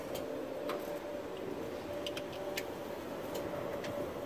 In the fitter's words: heard that snap and click that's in